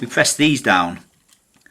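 Someone talks while handling the lock levers on the ratchet straps of a 2025 Nidecker Supermatic step-in snowboard binding, about to press them down to fix the straps in place. After the talk, only a couple of faint, brief ticks are heard in near silence; the lever has not yet snapped down and nothing has locked.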